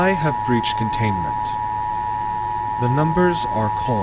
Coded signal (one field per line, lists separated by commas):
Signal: Emergency Alert System (SAME) tones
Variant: 853 and 960 Hz attention tone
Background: speech